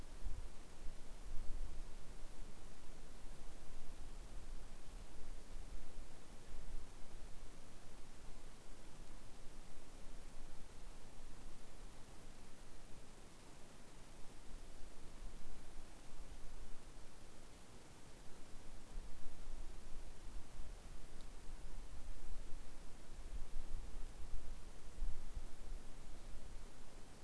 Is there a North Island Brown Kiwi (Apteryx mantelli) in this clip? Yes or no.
no